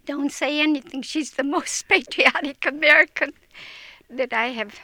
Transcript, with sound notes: "Don't say anything. She's the most (laughs) patriotic American that I have